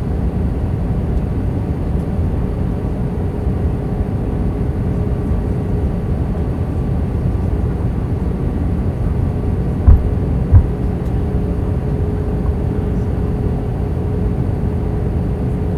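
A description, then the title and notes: An airplane taking off at SJC gives a steady, dense low roar with a faint whine, broken by two quick knocks around ten seconds. Takeoff At SJC.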